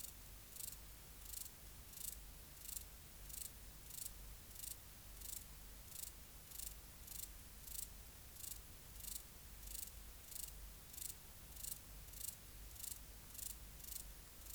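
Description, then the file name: Large mountain grasshopper song: dry, hissing high-pitched bursts repeated steadily about every two-thirds of a second over a low background rumble. "Stauroderus scalaris"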